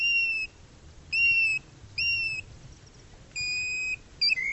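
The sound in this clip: Bird giving clean, high, flat whistles, each about half a second long, spaced roughly a second apart, with a few quick short notes at the end.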